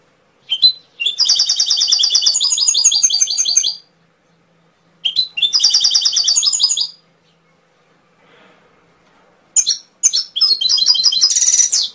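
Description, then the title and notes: Atlantic canary song in three bright bursts of fast trills and rattling high notes, the last with a buzzy high section, with silent pauses between. Canary masteran, a training recording played to songbirds so they learn the song. "PANCINGAN SUARA MASTERAN KENARI BIKIN BURUNG MAKIN MENGGILA. masteran kicau kenari"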